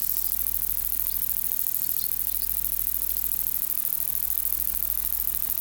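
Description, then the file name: Long-winged conehead song, a steady high-pitched sizzling hiss without pauses, over a constant low hum, with a few faint clicks. "Conocephalus discolor"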